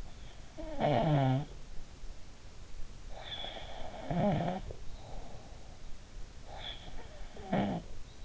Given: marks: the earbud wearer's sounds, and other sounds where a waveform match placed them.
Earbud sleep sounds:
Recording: sounds in sleep by an in-ear microphone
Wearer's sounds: snoring breath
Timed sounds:
0.07-1.76 s: snoring breath
3.25-5.20 s: snoring breath
6.66-8.25 s: snoring breath

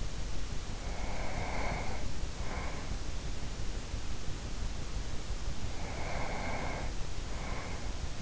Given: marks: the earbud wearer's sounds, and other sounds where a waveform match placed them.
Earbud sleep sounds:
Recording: sounds in sleep by an in-ear microphone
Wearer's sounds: breath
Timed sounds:
0.84-3.10 s: breath
5.66-8.21 s: breath

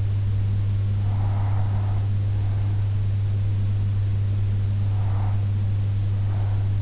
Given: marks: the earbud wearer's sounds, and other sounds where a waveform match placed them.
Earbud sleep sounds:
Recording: sounds in sleep by an in-ear microphone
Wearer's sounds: breath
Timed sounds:
0.82-2.82 s: breath
3.82-5.82 s: breath

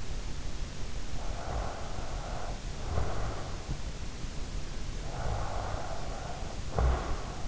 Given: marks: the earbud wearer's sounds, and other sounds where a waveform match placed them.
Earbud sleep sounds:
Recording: sounds in sleep by an in-ear microphone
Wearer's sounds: breath, snoring breath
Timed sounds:
1.26-3.53 s: breath
4.98-7.46 s: snoring breath

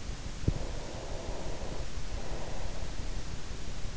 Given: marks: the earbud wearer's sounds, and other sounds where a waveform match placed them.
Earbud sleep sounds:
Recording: sounds in sleep by an in-ear microphone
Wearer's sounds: breath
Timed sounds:
0.64-3.37 s: breath

